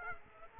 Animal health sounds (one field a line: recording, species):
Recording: mosquito wingbeat signal from an infrared sensor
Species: Aedes aegypti